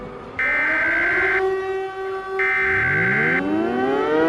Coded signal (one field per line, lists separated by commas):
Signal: Emergency Alert System (SAME) tones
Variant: header bursts